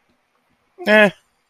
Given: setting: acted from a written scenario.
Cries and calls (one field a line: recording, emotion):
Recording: vocal sound without words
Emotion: neutral